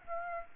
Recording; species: mosquito wingbeat signal from an infrared sensor; Aedes aegypti